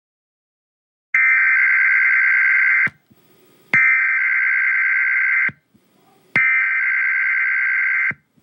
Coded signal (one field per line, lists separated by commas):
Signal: Emergency Alert System (SAME) tones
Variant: header bursts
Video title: EAS Scenario: Donald Trump Rampage (Part 2)